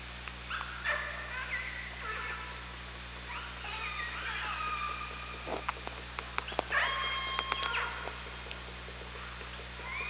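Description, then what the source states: Killer whale calls, a sequence of wavering squeals and a long flat high tone, mixed with rapid clicks, steady hum underneath. Underwater OrcaLab hydrophone at Parson Island, 24 August 2017, 18:32.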